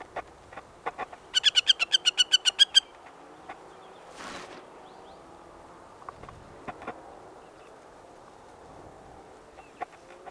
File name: Northern Harrier - Circus hudsonius